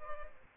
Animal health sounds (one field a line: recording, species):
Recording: mosquito wingbeat signal from an infrared sensor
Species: Aedes albopictus